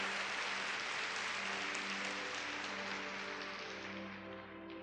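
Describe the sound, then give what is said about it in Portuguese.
Loud, sustained applause from a church audience, given at the preacher's call during a sermon: a dense continuous patter of many hands clapping that stays strong throughout, with a faint steady low hum beneath and no voices. “Pode dar uma salva de palmas bem forte.”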